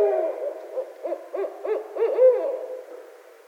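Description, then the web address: Barred owl calls, a burst of short arched hoots quickening into a wavering drawn note, then fading. Recorded 12 February 2012. "Barred Owl 2012 02 12 Barred Owl"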